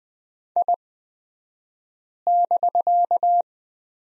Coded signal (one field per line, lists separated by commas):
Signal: Morse code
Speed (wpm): 20 wpm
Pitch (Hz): 700 Hz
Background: none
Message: I<BK>